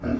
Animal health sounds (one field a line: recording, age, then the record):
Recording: pig call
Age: growing-finishing pig (85 days or more)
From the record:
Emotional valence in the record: negative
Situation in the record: barren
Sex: male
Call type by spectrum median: low-frequency call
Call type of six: low-frequency stable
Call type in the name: low-frequency stable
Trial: 2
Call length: 0.19 s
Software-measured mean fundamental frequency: 60 Hz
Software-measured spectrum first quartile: 216 Hz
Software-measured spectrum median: 298 Hz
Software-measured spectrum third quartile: 584 Hz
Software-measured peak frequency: 262 Hz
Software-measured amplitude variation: 185 dB a second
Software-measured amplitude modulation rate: 20.7 a second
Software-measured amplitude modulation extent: 8.9 dB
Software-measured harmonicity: 1.2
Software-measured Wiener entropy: -0.69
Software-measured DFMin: 784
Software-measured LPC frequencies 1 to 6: 433, 1445, 2598, 4412, 5484, 6374 Hz